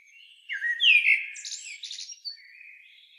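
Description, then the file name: Eurasian blackbird singing: loud whistled notes and a burst of high, scratchy twittering, fading into a thin faint trill. "Turdus merula"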